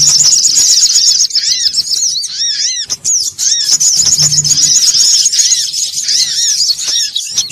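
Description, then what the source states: Little spiderhunter song: shrill, fast twittering runs with arched lower notes, briefly dipping at about three seconds before resuming, plus brief low humming. Bird-training (masteran) song.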